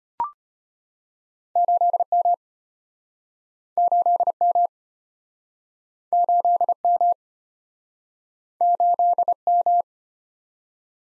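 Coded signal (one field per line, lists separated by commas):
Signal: Morse code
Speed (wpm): 34 wpm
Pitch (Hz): 700 Hz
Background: none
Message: 8M 8M 8M 8M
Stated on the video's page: Morse practice of two-character letter-number combinations, starting fast and slowing to a 25 wpm base, with a final repeat at maximum speed.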